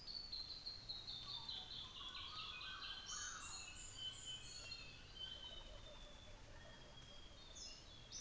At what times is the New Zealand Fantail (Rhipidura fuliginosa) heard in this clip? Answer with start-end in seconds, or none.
2.94-4.86